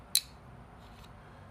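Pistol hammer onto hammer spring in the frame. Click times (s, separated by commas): 0.1 s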